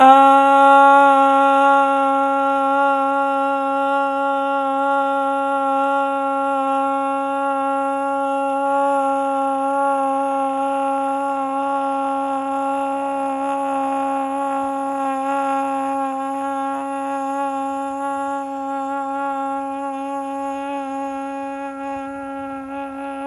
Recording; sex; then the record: sustained vowel /a/; female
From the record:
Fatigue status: no fatigue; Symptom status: symptomatic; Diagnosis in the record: COVID-19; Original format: m4a